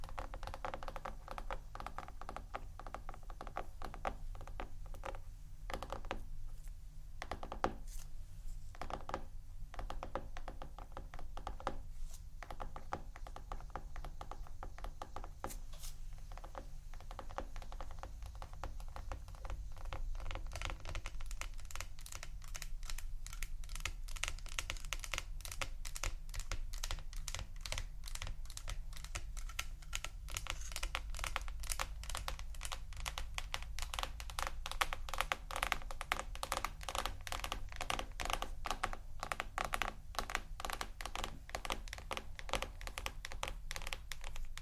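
Quick, dense tapping runs through the whole stretch, sounding like fingertips clicking on a keyboard. Early on the taps come in uneven bursts with brief pauses; after about twenty seconds they turn steadier and brighter, a continuous rapid patter over a low rumble.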